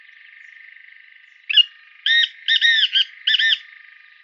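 Black francolin call: a rasping phrase of several harsh, clipped notes delivered in a jerky rhythm, over a continuous faint buzzing hum.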